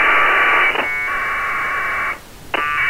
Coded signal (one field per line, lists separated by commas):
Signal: packet radio (AX.25, as in APRS)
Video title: APRS Packet Decoding